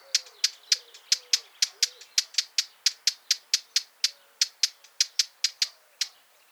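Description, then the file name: Eurasian blackcap giving sharp, dry tacking clicks, about three per second in a steady run, with faint low warbling underneath. "Sylvia atricapilla"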